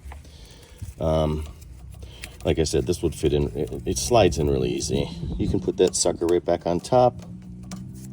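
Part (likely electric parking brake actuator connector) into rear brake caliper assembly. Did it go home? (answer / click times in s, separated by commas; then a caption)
no / none. On a 2022 Hyundai Tucson rear brake, a part, likely the electric parking brake actuator connector, is handled and slid back into place on the rear brake caliper assembly while someone talks, with a few faint handling taps. Nothing has seated or clicked yet.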